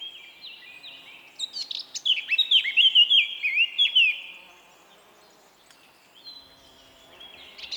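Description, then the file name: Eurasian blackcap song: soft twittering that swells into a rich, fluting whistled phrase, then falls quiet, with a few faint notes after. "Sylvia atricapilla"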